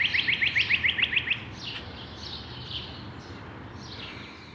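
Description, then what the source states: Bird song opening with a quick run of bright repeated notes, followed by softer high chips and faint calls over steady background noise. Recorded in a backyard.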